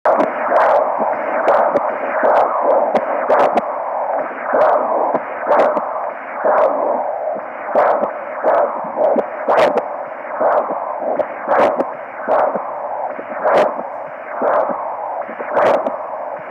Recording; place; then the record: Doppler ultrasound of blood flow; carotid artery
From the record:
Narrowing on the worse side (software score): mild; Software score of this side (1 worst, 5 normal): 4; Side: right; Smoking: never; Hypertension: no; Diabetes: no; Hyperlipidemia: no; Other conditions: anemia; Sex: female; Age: 45 years